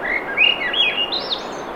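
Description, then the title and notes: Swainson's thrush delivers a short flute-like phrase, notes rolling upward one after another to a faint high finish, against steady ocean surf. Singing, 7:15 pm, 7 June 2017, low 50s, clear skies, between tides; Sun Dew Trail near Ocean Beach, Schoodic Peninsula, Acadia National Park, Winter Harbor, Maine; Fostex FR2, Sennheiser ME66; high-pass filtered against surf. "Swainson's Thrush singing Wednesday June 7, 2017 7:15 pm temperature low 50s clear skies between the tides Sun Dew Trail where it intersects with trail to Ocean Beach Schoodic Pennisula Acadia National Park Winter Harbor, ME"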